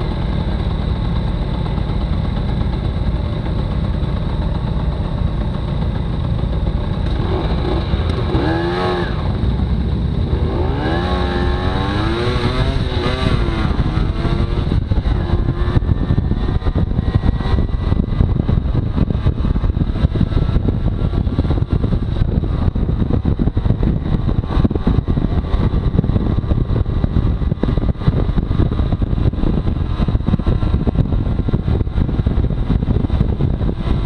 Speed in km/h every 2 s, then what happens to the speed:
0, 0, 0, 5, 11, 21, 30, 36, 38, 41, 42, 42, 42, 45, 47, 48, 51.
0-5 standing. 5-34 pulls away to 51.